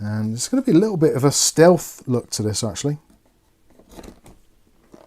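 A RAM module is handled at a motherboard DIMM slot with single-side latches. Someone talks for the first three seconds, then faint scraping and light handling noises follow. Nothing has seated or clicked yet.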